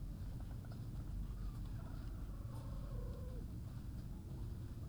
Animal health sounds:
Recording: poultry house recording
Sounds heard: healthy chickens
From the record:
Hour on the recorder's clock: 10

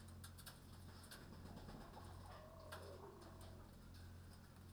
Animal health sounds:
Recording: poultry house recording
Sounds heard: sick chickens (respiratory disease)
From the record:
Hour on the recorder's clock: 21

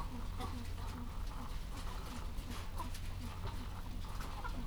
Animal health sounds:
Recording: poultry house recording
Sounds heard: sick chickens (respiratory disease)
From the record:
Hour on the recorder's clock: 14

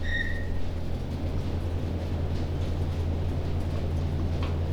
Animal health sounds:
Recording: poultry house recording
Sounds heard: no chicken sound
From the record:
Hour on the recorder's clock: 23

